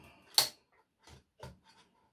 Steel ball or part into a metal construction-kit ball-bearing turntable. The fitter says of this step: Come on. That was a satisfying click.